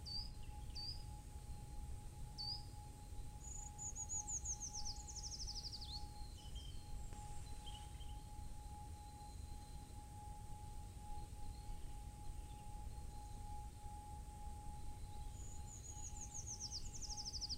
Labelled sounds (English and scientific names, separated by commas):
Eurasian Treecreeper (Certhia familiaris) song